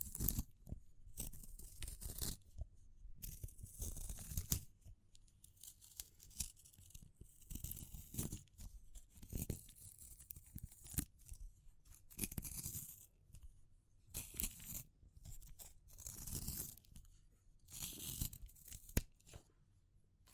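Natural materials like wood, bamboo and straw are handled in a string of scratchy, rustling bursts, each lasting a second or so, with short quiet gaps between them. The crisp, tearing crackles are bright on top with a soft low thump underneath.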